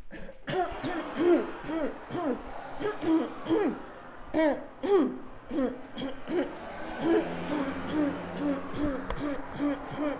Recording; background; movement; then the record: throat clearing; traffic; walking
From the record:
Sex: female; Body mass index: 21.8 kg/m2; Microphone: on the chest, facing outward